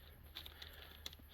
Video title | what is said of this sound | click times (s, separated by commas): Focus ST - How to Test Split Second Controller - *The Easy Way* #bigturbofocusst | so that one clicked in | 1.1 s